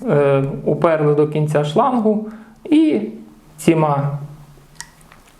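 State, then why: Seated. A hydraulic hose is pushed fully onto a clutch release bearing port and locked with plastic latches, which fix the tube's position. Someone talks, then the hose retaining clip snaps home with a sharp click at 4.8 s, followed by two faint ticks. The hose is seated.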